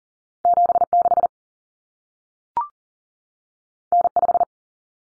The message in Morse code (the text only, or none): 76 N5